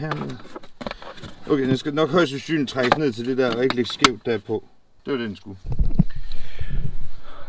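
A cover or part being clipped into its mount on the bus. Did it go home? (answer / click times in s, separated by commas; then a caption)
yes / 6.3 s. On a bus, a cover or part is pulled down into position in its mount so it does not sit crooked, then pressed home while someone talks. It clicks into place at 6.3 s and is seated.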